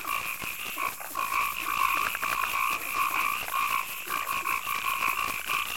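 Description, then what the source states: Frogs calling together in a thick, pulsing chorus. Night marsh and swamp.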